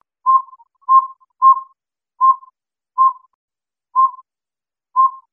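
Northern saw-whet owl calling: clear single whistled toots on a steady pitch, slowing to roughly one per second toward the end.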